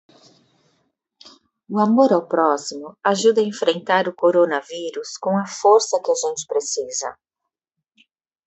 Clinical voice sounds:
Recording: spoken sentence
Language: Brazilian Portuguese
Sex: female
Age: 40 to 49 years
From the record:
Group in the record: control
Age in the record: 49 years

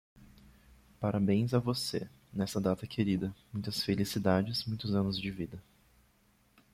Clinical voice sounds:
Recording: short text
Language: Brazilian Portuguese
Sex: male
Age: 20 to 29 years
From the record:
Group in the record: control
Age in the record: 29 years

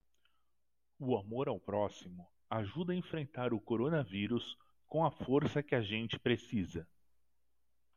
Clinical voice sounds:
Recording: spoken sentence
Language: Brazilian Portuguese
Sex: male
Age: 50 to 59 years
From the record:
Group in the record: control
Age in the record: 51 years

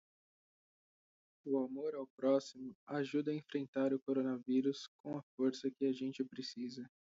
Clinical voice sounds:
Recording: spoken sentence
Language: Brazilian Portuguese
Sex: female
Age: 20 to 29 years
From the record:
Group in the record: control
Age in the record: 20 years

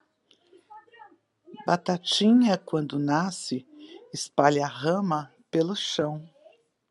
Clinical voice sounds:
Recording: short text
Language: Brazilian Portuguese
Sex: female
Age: 50 to 59 years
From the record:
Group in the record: control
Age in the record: 57 years

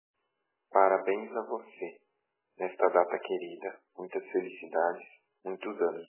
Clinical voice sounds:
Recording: short text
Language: Brazilian Portuguese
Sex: male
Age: 40 to 49 years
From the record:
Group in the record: control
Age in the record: 40 years

